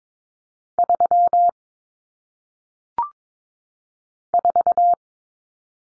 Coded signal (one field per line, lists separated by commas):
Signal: Morse code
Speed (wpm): 22 wpm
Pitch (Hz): 700 Hz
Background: none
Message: 3 4